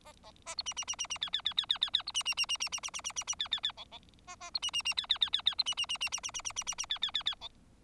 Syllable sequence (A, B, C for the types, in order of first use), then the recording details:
A A A B C C C C C D D D D D D D B C C C C C C C C C C C D D D E E A A B C C C D D D D D B C C C C C C C C C C C D D D D E. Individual Bird4